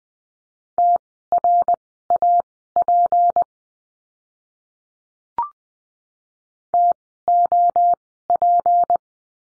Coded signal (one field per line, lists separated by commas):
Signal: Morse code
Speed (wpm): 20 wpm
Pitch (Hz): 700 Hz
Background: none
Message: TRAP TOP